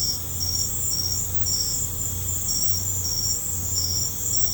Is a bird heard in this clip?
no